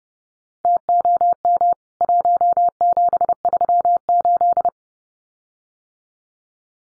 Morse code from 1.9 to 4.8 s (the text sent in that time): 1738